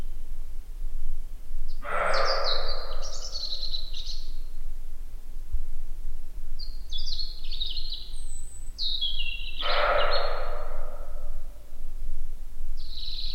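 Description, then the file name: European robin singing several short, high, warbling phrases separated by pauses of a few seconds, with two brief rushing noise bursts and constant low rumble. "Erithacus rubecula"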